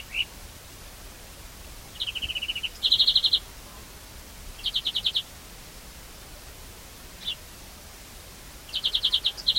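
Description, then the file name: European greenfinch calling in short bursts of rapid twittering notes and a brief descending buzzy phrase, separated by quiet gaps, over a faint steady hiss. "Chloris chloris"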